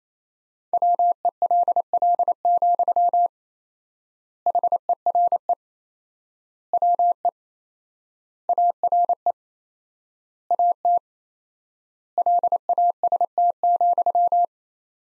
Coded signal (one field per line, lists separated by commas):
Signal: Morse code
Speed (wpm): 27 wpm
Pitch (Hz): 700 Hz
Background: none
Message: WELL, HERE WE ARE AT LAST,